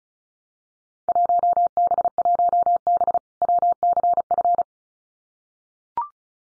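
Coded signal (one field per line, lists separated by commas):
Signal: Morse code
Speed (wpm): 36 wpm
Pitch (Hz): 700 Hz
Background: none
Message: 1B1B WCF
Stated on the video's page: Field Day exchange copying drill at 35 wpm; each exchange sent in Morse, spoken, then sent again.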